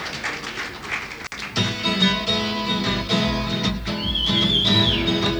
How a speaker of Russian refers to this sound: Я свистеть тоже умею.